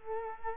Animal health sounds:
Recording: mosquito wingbeat signal from an infrared sensor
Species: Culex quinquefasciatus

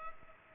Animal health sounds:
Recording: mosquito wingbeat signal from an infrared sensor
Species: Culex pipiens

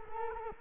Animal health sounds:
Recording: mosquito wingbeat signal from an infrared sensor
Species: Culex quinquefasciatus

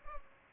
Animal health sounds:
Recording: mosquito wingbeat signal from an infrared sensor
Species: Culex pipiens

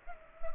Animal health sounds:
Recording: mosquito wingbeat signal from an infrared sensor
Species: Culex pipiens

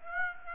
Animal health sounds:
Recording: mosquito wingbeat signal from an infrared sensor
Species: Aedes aegypti

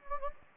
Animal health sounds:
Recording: mosquito wingbeat signal from an infrared sensor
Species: Anopheles gambiae

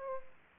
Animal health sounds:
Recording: mosquito wingbeat signal from an infrared sensor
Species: Aedes aegypti

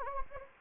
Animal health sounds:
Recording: mosquito wingbeat signal from an infrared sensor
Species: Anopheles gambiae

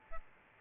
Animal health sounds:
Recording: mosquito wingbeat signal from an infrared sensor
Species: Aedes albopictus

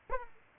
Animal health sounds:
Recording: mosquito wingbeat signal from an infrared sensor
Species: Aedes aegypti

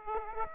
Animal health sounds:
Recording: mosquito wingbeat signal from an infrared sensor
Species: Aedes aegypti

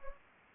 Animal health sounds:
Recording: mosquito wingbeat signal from an infrared sensor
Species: Anopheles gambiae

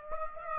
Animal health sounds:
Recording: mosquito wingbeat signal from an infrared sensor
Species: Aedes aegypti

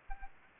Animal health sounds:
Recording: mosquito wingbeat signal from an infrared sensor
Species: Aedes aegypti

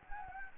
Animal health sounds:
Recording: mosquito wingbeat signal from an infrared sensor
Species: Anopheles gambiae

